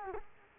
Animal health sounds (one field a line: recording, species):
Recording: mosquito wingbeat signal from an infrared sensor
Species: Culex quinquefasciatus